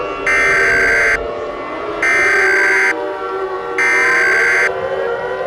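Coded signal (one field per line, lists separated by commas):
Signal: Emergency Alert System (SAME) tones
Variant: header bursts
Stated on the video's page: Fictional EAS scenario alert from the final installment of a Minecraft Attack series.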